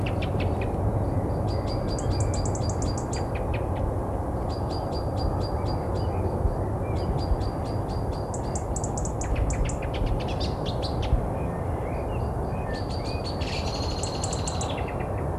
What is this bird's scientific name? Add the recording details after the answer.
Turdus merula. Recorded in the wild. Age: adult. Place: Malchower Aue, Berlin, DE. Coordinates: 52.5808, 13.4886. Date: 1990-04-06 20:22. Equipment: Riporter 6 RG-K, Halbspur, Sennheiser MKH 416 T. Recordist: Frommolt, Karl-Heinz. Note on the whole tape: Alarmrufe